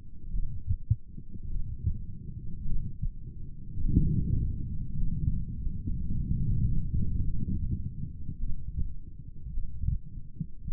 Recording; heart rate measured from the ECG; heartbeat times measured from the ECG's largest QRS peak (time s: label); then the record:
heart sounds by stethoscope; 52 bpm
0.34 s: heartbeat
1.51 s: heartbeat
2.67 s: heartbeat
3.81 s: heartbeat
4.98 s: heartbeat
6.12 s: heartbeat
7.26 s: heartbeat
8.41 s: heartbeat
9.55 s: heartbeat
10.68 s: heartbeat
From the record:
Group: heart failure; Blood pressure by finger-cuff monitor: 100/48 mmHg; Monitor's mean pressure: 63 mmHg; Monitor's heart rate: 52 bpm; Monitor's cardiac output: 4.7 L/min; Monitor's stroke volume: 92 mL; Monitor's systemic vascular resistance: 930 dyn s/cm5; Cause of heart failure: cardiac sarcoid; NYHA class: 1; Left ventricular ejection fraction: 39%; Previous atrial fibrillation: present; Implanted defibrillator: present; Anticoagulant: apixaban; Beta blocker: carvedilol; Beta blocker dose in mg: 50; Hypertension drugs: ramipril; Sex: male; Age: 79 years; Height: 184 cm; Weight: 92.5 kg